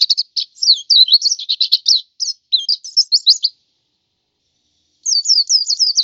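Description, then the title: White-eye singing a fast, high-pitched warbling twitter of quick rising and falling notes, breaking off into silence, then resuming. "Suara burung pleci"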